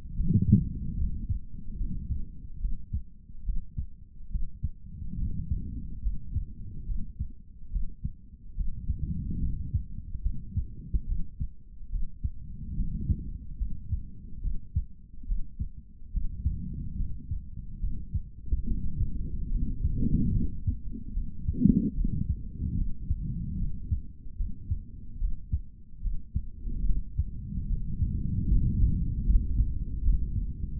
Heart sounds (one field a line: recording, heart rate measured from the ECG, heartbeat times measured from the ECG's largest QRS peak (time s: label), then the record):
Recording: heart sounds by stethoscope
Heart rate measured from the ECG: 72 bpm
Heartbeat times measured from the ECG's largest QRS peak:
0.15 s: heartbeat
0.97 s: heartbeat
1.77 s: heartbeat
2.59 s: heartbeat
3.44 s: heartbeat
4.30 s: heartbeat
5.17 s: heartbeat
6.02 s: heartbeat
6.86 s: heartbeat
7.70 s: heartbeat
8.55 s: heartbeat
9.40 s: heartbeat
10.22 s: heartbeat
11.06 s: heartbeat
11.90 s: heartbeat
12.75 s: heartbeat
13.58 s: heartbeat
14.41 s: heartbeat
15.26 s: heartbeat
16.12 s: heartbeat
16.97 s: heartbeat
17.80 s: heartbeat
18.66 s: heartbeat
19.50 s: heartbeat
20.33 s: heartbeat
21.14 s: heartbeat
21.95 s: heartbeat
22.76 s: heartbeat
23.57 s: heartbeat
24.37 s: heartbeat
25.18 s: heartbeat
26.01 s: heartbeat
26.85 s: heartbeat
27.67 s: heartbeat
28.48 s: heartbeat
29.26 s: heartbeat
30.02 s: heartbeat
From the record:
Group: healthy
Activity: rest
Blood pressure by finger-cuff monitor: 100/71 mmHg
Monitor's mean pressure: 80 mmHg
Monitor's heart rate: 72 bpm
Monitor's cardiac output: 3.4 L/min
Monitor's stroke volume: 47 mL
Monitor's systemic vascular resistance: 1700 dyn s/cm5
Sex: male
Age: 55 years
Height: 167 cm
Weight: 57.2 kg